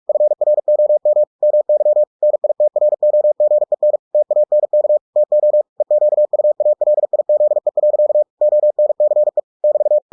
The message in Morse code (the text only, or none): FROM MY NITROGEN TANK TO EQUALIZE. ONCE <BT>